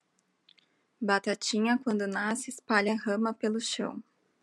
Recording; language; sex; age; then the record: short text; Brazilian Portuguese; female; 30 to 39 years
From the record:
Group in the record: control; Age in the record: 38 years